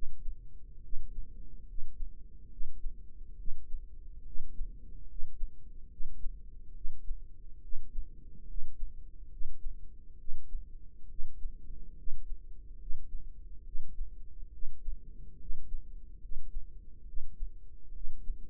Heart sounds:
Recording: heart sounds by microphone in the right ear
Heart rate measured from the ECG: 70 bpm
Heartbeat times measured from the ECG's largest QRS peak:
0.83 s: heartbeat
1.68 s: heartbeat
2.50 s: heartbeat
3.38 s: heartbeat
4.25 s: heartbeat
5.08 s: heartbeat
5.90 s: heartbeat
6.74 s: heartbeat
7.62 s: heartbeat
8.48 s: heartbeat
9.31 s: heartbeat
10.18 s: heartbeat
11.09 s: heartbeat
11.97 s: heartbeat
12.79 s: heartbeat
13.65 s: heartbeat
14.52 s: heartbeat
15.39 s: heartbeat
16.21 s: heartbeat
17.06 s: heartbeat
17.93 s: heartbeat
From the record:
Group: healthy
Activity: rest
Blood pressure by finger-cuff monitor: 135/90 mmHg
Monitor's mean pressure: 102 mmHg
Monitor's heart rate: 70 bpm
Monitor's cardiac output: 7.3 L/min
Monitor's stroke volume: 104 mL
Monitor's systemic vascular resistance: 1040 dyn s/cm5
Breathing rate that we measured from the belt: 17 breaths a minute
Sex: male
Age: 30 years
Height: 188 cm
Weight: 110.2 kg

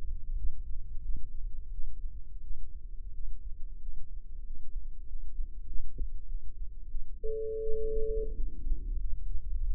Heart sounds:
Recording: heart sounds by microphone in the left ear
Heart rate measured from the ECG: 90 bpm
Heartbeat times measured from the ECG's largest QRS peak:
0.37 s: heartbeat
1.02 s: heartbeat
1.71 s: heartbeat
2.42 s: heartbeat
3.12 s: heartbeat
3.79 s: heartbeat
4.44 s: heartbeat
5.06 s: heartbeat
5.67 s: heartbeat
6.27 s: heartbeat
6.89 s: heartbeat
7.61 s: heartbeat
8.36 s: heartbeat
9.00 s: heartbeat
9.65 s: heartbeat
From the record:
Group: healthy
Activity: Valsalva maneuver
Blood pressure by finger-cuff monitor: 84/61 mmHg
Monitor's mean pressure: 69 mmHg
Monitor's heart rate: 92 bpm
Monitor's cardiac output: 6.8 L/min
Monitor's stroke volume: 73 mL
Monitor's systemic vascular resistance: 720 dyn s/cm5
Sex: female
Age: 19 years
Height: 163 cm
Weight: 48.9 kg

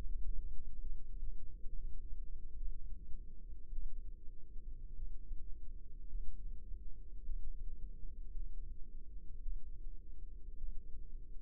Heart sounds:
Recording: heart sounds by microphone in the left ear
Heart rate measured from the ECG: 55 bpm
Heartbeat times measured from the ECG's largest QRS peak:
0.80 s: heartbeat
1.75 s: heartbeat
2.56 s: heartbeat
3.72 s: heartbeat
4.96 s: heartbeat
6.09 s: heartbeat
7.25 s: heartbeat
8.31 s: heartbeat
9.42 s: heartbeat
10.57 s: heartbeat
From the record:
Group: healthy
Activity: rest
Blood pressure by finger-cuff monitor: 101/60 mmHg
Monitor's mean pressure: 73 mmHg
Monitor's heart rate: 55 bpm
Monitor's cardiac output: 5.2 L/min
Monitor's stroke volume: 92 mL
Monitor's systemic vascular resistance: 1010 dyn s/cm5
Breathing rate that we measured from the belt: 20 breaths a minute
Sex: female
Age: 28 years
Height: 170 cm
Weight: 77 kg

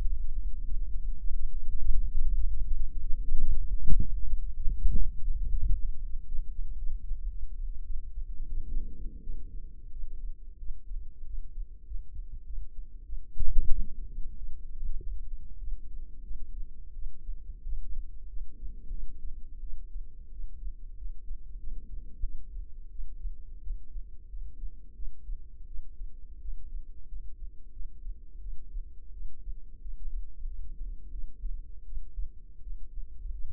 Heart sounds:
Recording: heart sounds by microphone in the left ear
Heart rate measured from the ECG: 94 bpm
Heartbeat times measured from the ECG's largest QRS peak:
0.27 s: heartbeat
0.82 s: heartbeat
1.39 s: heartbeat
1.95 s: heartbeat
2.49 s: heartbeat
3.03 s: heartbeat
3.60 s: heartbeat
4.16 s: heartbeat
4.70 s: heartbeat
5.24 s: heartbeat
5.76 s: heartbeat
6.28 s: heartbeat
6.80 s: heartbeat
7.32 s: heartbeat
7.86 s: heartbeat
8.51 s: heartbeat
9.23 s: heartbeat
9.93 s: heartbeat
10.59 s: heartbeat
11.27 s: heartbeat
11.87 s: heartbeat
12.46 s: heartbeat
13.06 s: heartbeat
13.70 s: heartbeat
14.37 s: heartbeat
15.00 s: heartbeat
15.60 s: heartbeat
16.24 s: heartbeat
16.95 s: heartbeat
17.65 s: heartbeat
18.29 s: heartbeat
18.91 s: heartbeat
19.62 s: heartbeat
20.32 s: heartbeat
20.98 s: heartbeat
21.60 s: heartbeat
22.23 s: heartbeat
22.92 s: heartbeat
23.63 s: heartbeat
24.29 s: heartbeat
24.96 s: heartbeat
25.67 s: heartbeat
26.41 s: heartbeat
27.08 s: heartbeat
27.73 s: heartbeat
28.41 s: heartbeat
29.13 s: heartbeat
29.81 s: heartbeat
30.47 s: heartbeat
31.12 s: heartbeat
31.85 s: heartbeat
32.63 s: heartbeat
33.33 s: heartbeat
From the record:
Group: healthy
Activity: rest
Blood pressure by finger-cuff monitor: 144/82 mmHg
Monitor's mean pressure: 102 mmHg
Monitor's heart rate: 92 bpm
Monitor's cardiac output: 8.6 L/min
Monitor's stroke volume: 91 mL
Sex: female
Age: 22 years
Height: 161 cm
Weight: 65.5 kg

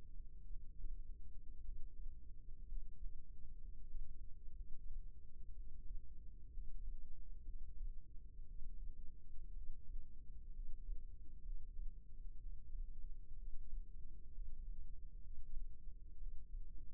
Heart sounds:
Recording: heart sounds by microphone in the left ear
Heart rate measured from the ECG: 61 bpm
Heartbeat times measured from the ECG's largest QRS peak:
0.49 s: heartbeat
1.64 s: heartbeat
2.68 s: heartbeat
3.60 s: heartbeat
4.56 s: heartbeat
5.55 s: heartbeat
6.53 s: heartbeat
7.46 s: heartbeat
8.48 s: heartbeat
9.55 s: heartbeat
10.55 s: heartbeat
11.45 s: heartbeat
12.41 s: heartbeat
13.39 s: heartbeat
14.34 s: heartbeat
15.23 s: heartbeat
16.19 s: heartbeat
From the record:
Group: healthy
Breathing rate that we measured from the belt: 16 breaths a minute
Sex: male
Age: 22 years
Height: 181 cm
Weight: 79 kg

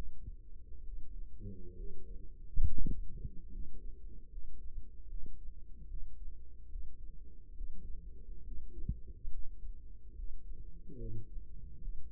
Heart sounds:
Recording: heart sounds by microphone in the right ear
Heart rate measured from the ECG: 71 bpm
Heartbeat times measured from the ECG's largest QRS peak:
0.83 s: heartbeat
1.75 s: heartbeat
2.66 s: heartbeat
3.50 s: heartbeat
4.29 s: heartbeat
5.08 s: heartbeat
5.87 s: heartbeat
6.69 s: heartbeat
7.54 s: heartbeat
8.43 s: heartbeat
9.29 s: heartbeat
10.14 s: heartbeat
10.97 s: heartbeat
11.79 s: heartbeat
From the record:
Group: healthy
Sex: male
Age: 35 years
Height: 178 cm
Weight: 64 kg

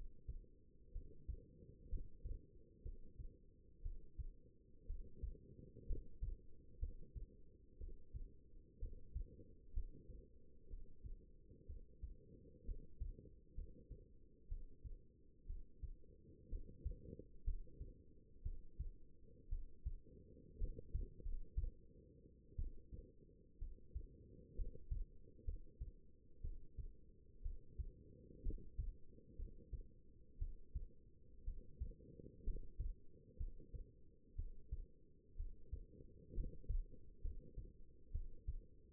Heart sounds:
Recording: heart sounds by stethoscope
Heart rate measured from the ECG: 61 bpm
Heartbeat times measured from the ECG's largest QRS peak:
0.91 s: heartbeat
1.88 s: heartbeat
2.82 s: heartbeat
3.82 s: heartbeat
4.86 s: heartbeat
5.86 s: heartbeat
6.79 s: heartbeat
7.77 s: heartbeat
8.78 s: heartbeat
9.73 s: heartbeat
10.67 s: heartbeat
11.66 s: heartbeat
12.64 s: heartbeat
13.54 s: heartbeat
14.48 s: heartbeat
15.46 s: heartbeat
16.49 s: heartbeat
17.43 s: heartbeat
18.42 s: heartbeat
19.48 s: heartbeat
20.57 s: heartbeat
21.22 s: heartbeat
22.55 s: heartbeat
23.58 s: heartbeat
24.55 s: heartbeat
25.44 s: heartbeat
26.41 s: heartbeat
27.42 s: heartbeat
28.42 s: heartbeat
29.36 s: heartbeat
30.38 s: heartbeat
31.44 s: heartbeat
32.43 s: heartbeat
33.37 s: heartbeat
34.35 s: heartbeat
35.36 s: heartbeat
36.33 s: heartbeat
37.21 s: heartbeat
38.11 s: heartbeat
From the record:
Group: healthy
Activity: rest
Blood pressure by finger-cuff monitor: 106/66 mmHg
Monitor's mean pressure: 78 mmHg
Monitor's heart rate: 61 bpm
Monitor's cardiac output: 5.1 L/min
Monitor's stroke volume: 83 mL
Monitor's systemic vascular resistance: 1120 dyn s/cm5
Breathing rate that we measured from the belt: 16 breaths a minute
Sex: female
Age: 22 years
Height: 171 cm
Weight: 65.6 kg

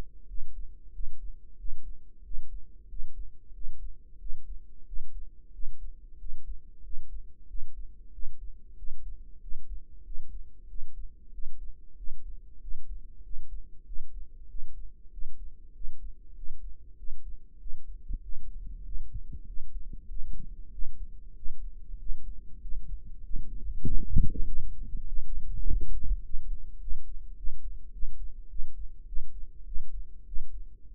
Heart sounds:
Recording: heart sounds by microphone in the right ear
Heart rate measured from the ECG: 96 bpm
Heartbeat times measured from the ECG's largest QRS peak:
0.29 s: heartbeat
0.94 s: heartbeat
1.59 s: heartbeat
2.25 s: heartbeat
2.90 s: heartbeat
3.55 s: heartbeat
4.21 s: heartbeat
4.87 s: heartbeat
5.54 s: heartbeat
6.20 s: heartbeat
6.85 s: heartbeat
7.49 s: heartbeat
8.14 s: heartbeat
8.78 s: heartbeat
9.42 s: heartbeat
10.06 s: heartbeat
10.70 s: heartbeat
11.34 s: heartbeat
11.98 s: heartbeat
12.62 s: heartbeat
13.25 s: heartbeat
13.87 s: heartbeat
14.50 s: heartbeat
15.13 s: heartbeat
15.75 s: heartbeat
16.37 s: heartbeat
16.99 s: heartbeat
17.61 s: heartbeat
18.23 s: heartbeat
18.86 s: heartbeat
19.48 s: heartbeat
20.10 s: heartbeat
20.73 s: heartbeat
21.37 s: heartbeat
22.00 s: heartbeat
22.63 s: heartbeat
23.25 s: heartbeat
23.86 s: heartbeat
24.47 s: heartbeat
25.08 s: heartbeat
25.67 s: heartbeat
26.25 s: heartbeat
26.81 s: heartbeat
27.38 s: heartbeat
27.94 s: heartbeat
28.51 s: heartbeat
29.08 s: heartbeat
29.67 s: heartbeat
30.27 s: heartbeat
30.90 s: heartbeat
From the record:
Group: healthy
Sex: male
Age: 21 years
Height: 175 cm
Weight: 72.6 kg

